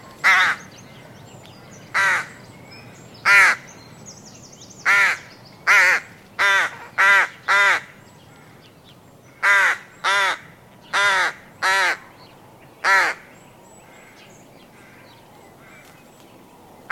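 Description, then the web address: Rook giving a series of about a dozen hoarse, raspy caws at irregular intervals, some in quicker runs, against a quiet background. Adult rook calling. "Sound Effects-BBC Rooks"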